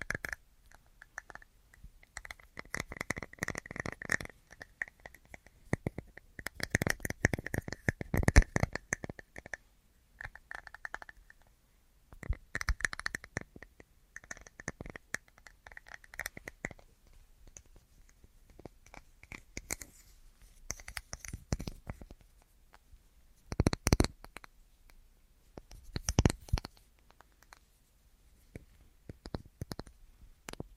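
An assortment of tapping and scratchy rustling comes in irregular bursts, densest around seconds 6–9, with sharp louder taps near 24 and 26 seconds.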